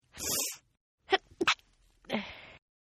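A stifled sneeze from an adult female, acted as a sound effect: a breathy intake, then short suppressed bursts held back, followed by a fading exhale.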